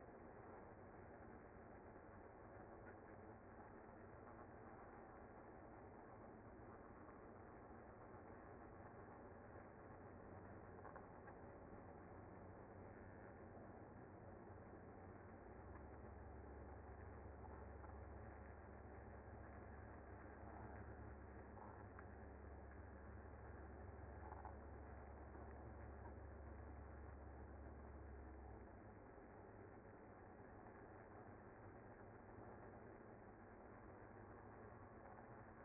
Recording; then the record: honeybee colony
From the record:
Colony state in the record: active